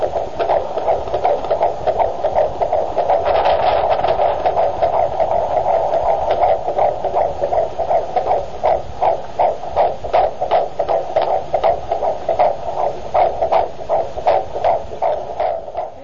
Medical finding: Heartbeat.